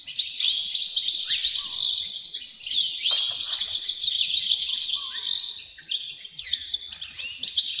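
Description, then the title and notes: Wrens pour out continuous high, tinkling reels and chirps, several birds overlapping, with a few lower squeaky notes mixed in. Dozens of wrens in the backyard of a home in Dover, southern Tasmania. "Nature Sounds Tasmania - Dover Wrens. The sounds of dozens of wrens in the backyard of a home in Dover, southern Tasmania"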